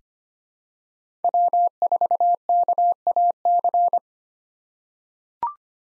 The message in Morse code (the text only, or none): W4KAC